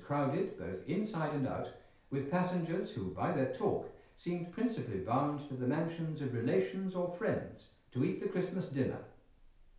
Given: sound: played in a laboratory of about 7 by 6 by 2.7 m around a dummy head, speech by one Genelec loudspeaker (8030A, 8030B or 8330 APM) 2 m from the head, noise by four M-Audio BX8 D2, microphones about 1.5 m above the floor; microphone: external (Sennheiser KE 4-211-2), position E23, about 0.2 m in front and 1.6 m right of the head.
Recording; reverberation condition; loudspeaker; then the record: male speech in English; medium; 30 degrees to the left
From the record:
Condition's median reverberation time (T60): about 510 ms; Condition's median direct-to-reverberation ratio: about -0.5 dB